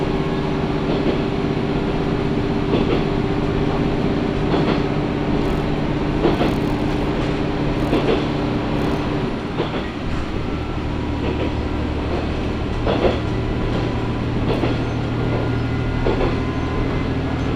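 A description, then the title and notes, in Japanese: A Matsuura Railway train runs from Matsuura toward Imari with a steady low rumble, regular clacking over rail joints, and a shifting engine drone. 松浦鉄道 松浦→伊万里。松浦から伊万里は海岸線に沿ったりしながら磁器で有名な伊万里へ向かいます。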